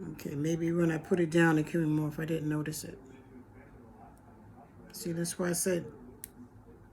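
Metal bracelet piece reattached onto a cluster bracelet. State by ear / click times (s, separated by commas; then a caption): seated / 6.2 s. A metal bracelet piece that had come off is pressed back onto a cluster bracelet while someone talks. A single sharp click sounds at 6.2 seconds as the piece seats back in place.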